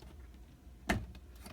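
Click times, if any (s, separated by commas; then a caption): 0.9 s. The drop-front door of a clear plastic shoe storage box is pressed shut and snaps closed with a sharp click at 0.9 s, followed by two much fainter ticks at about 1.2 s and 1.5 s. The door seats firmly, and the click confirms it is closed, which is the reason this women's-size box is preferred over the longer men's version that pulls open too easily.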